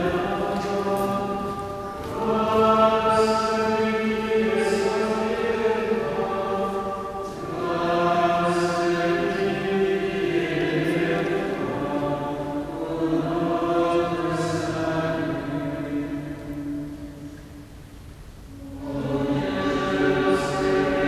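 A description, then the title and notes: Chanting fills a church in long, sustained sung phrases, the voices holding steady tones that blend and shift between notes. The phrases swell and fade with brief pauses, including a near-silent gap around seventeen seconds, and the reverberant space lets each note linger. Chanting in Église St-Gervais/Gezang in Église St-Gervais Paris. I walked in just minutes before this chanting started in the Église Saint-Gervais-Saint-Protais, Paris.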